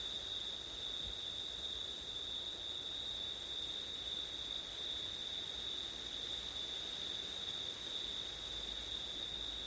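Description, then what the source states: Crickets keep up an unbroken, shrill, pulsing trill, a steady high chorus with nothing else standing out. Crickets singing on a September night, with wind; recorded with ORTF stereo setup.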